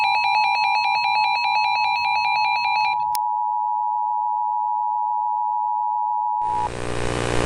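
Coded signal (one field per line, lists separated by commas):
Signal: Emergency Alert System (SAME) tones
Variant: 853 and 960 Hz attention tone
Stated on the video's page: Fictional EAS scenario built from viewer suggestions, not a real alert.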